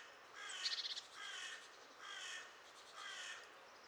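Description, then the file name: Great tit harsh calls: a quick run of dry ticks, then three rasping, nasal bursts spaced about a second apart. "Parus major"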